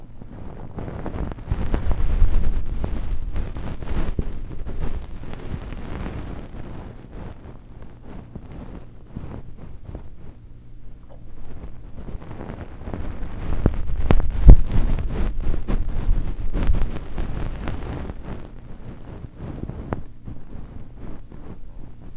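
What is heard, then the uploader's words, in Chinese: Fluffy ear cleaning: soft, dense rubbing and brushing that rumbles low and muffled, with scattered crisp crackles. The scratching swells around two seconds, eases to a quieter stretch near ten seconds, then builds again, loudest from about thirteen to seventeen seconds. 睡眠導入 絨毛掏耳。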